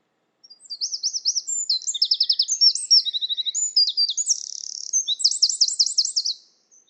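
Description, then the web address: Bird song: a continuous run of very high, rapid zigzag trills and buzzy slurred notes lasting about six seconds, with a clean, quiet background. "cianscape birddata Deverinetal 2025"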